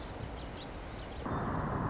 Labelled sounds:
Song Sparrow
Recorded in Sonoma County, California

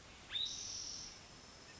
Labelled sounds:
Spotted Towhee
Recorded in Sonoma County, California

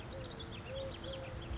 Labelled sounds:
Eurasian Collared Dove
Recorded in Sonoma County, California

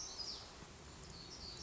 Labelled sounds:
Black-throated Gray Warbler
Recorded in Sonoma County, California

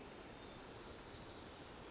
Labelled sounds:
White-crowned Sparrow
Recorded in Sonoma County, California

